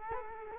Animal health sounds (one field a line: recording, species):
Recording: mosquito wingbeat signal from an infrared sensor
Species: Culex quinquefasciatus